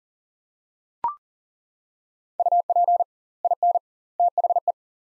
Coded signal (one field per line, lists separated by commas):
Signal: Morse code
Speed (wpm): 40 wpm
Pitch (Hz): 700 Hz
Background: none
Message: UP IN THE